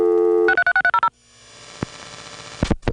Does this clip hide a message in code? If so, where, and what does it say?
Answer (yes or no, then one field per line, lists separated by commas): yes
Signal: DTMF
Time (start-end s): 0.5-1.1 s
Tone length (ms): 80 ms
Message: 63630